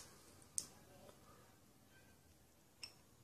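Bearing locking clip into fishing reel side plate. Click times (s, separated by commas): 0.6 s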